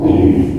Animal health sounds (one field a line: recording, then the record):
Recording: squeal of a Yucatan mini pig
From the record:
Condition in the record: before surgery on the right vocal fold (resection and tissue-engineered implant)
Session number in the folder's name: 1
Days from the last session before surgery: -21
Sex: female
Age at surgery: 19 weeks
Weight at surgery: 25 kg